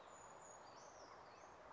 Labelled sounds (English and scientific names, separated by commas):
Brown Creeper (Certhia americana)